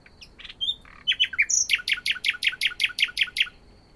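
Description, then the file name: Common nightingale song opening with soft varied notes and chirps, then a long run of loud, rapid repeated notes, roughly a dozen in a steady rhythm. "Luscinia megarhynchos"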